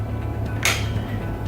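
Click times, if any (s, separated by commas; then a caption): 0.7 s. A satellite phone handset is pushed down into a plastic docking cradle over a steady low hum, with a sharp bright click at 0.6 s. The click means the handset is secured in place in the docking station.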